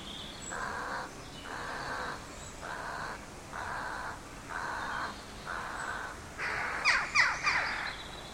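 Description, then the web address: Bird giving a steady series of hoarse caws, roughly one per second, then a louder, broken flurry of cawing near the end. Birds singing in an empty street of a big city. "canto de pajaros en una calle vacia de una gran ciudad"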